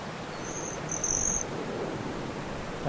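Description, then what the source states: Broad-tailed Hummingbird wing trill: two high, metallic, buzzy bursts, the second longer, then quiet background. Flight sounds of a male on his territory, returning to his perch; recorded 16 July 2008.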